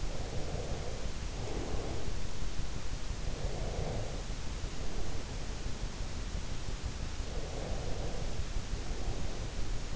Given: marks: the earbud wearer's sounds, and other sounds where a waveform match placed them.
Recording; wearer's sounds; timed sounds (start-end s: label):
sounds in sleep by an in-ear microphone; breath
0.00-2.26 s: breath
3.27-5.48 s: breath
7.24-9.87 s: breath